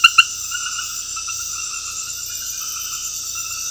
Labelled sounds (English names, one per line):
none